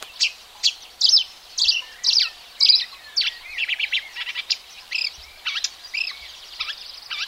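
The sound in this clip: Marsh warbler delivering hurried scratchy phrases and quick chirps in an uneven, lively stream.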